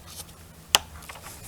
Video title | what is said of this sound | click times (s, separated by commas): "The Pool Cleaner" Return Side Pressure Cleaner Installation & Set Up | and it should snap right in | 0.8 s